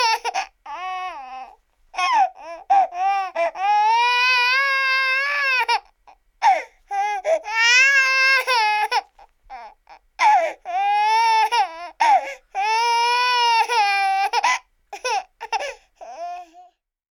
Baby Cry.